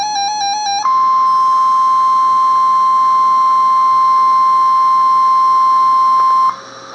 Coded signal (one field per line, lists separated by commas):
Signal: Emergency Alert System (SAME) tones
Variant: 1050 Hz attention tone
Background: music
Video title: Severe Thunderstorm Watch #293 (EAS #1538)